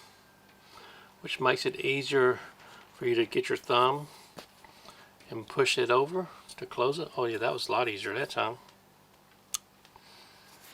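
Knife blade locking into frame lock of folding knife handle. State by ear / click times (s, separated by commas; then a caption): seated / 9.5 s. Someone talks while working the stainless steel blade of an Ozark Trail Cumulus 7.5-inch folding knife with a metal frame lock. After the talking stops, a single sharp, loud click at 9.6 s marks the blade snapping into place in the handle's frame lock, and the lock is seated.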